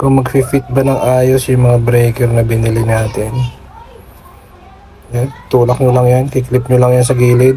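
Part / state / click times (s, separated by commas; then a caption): circuit breaker into panel box / not seated / none. A 15-ampere circuit breaker is being handled for pushing into a panel box and clipping on at the side. Someone talks through most of the clip, with a quieter pause around 3.5 to 5.1 seconds. Nothing has seated or clicked yet.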